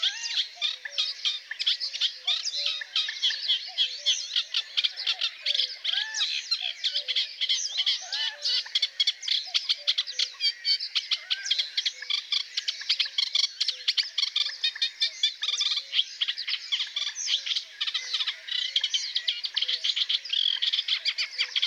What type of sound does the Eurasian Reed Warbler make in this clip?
song